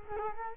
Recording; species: mosquito wingbeat signal from an infrared sensor; Culex quinquefasciatus